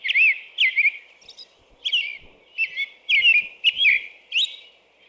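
American robin song: clear, warbled whistled phrases given in quick bursts, some with thin high squeaky notes above, repeated over about five seconds.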